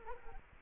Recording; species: mosquito wingbeat signal from an infrared sensor; Culex quinquefasciatus